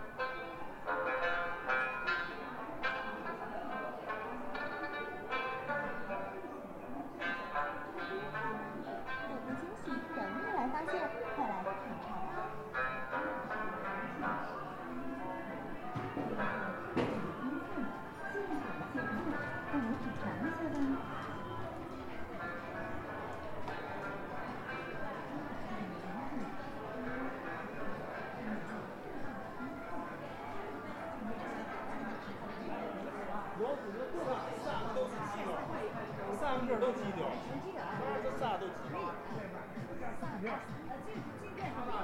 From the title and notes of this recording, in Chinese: 沈阳，中街。